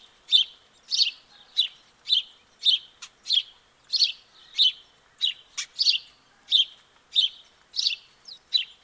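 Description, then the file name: House sparrow chirping, short bright notes repeated steadily in a long even run, with a couple of sharp clicks among them. "Passer domesticus"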